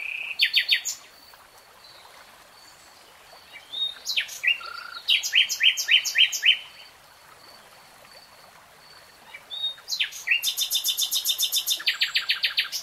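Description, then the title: Nightingale song in three bursts: opening repeated notes, a middle series of strident notes, then a long, very fast even rattle to finish. Nightingale singing in real time. "[Tiếng chim hót] 3 Hours REALTIME Nightingale Singing"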